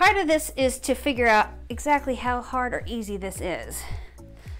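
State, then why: Not seated. A Baby Trend Sit N Stand Ultra Millennium Double Stroller's rear axle is being handled and pushed down with equal pressure onto the stroller's rear leg tubes while someone talks over background music. Nothing has seated or clicked yet.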